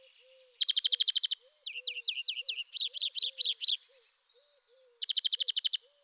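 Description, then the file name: European greenfinch singing fast, even trills of rapid notes alternating with twittering phrases, while low, soft repeated tones sound steadily underneath. "Groenling"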